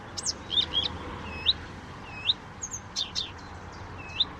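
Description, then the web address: Blyth's reed warbler singing sparse rising slurred whistles at irregular gaps, mixed with a few high ticking notes. "chant didier collin rousserolle des buissons"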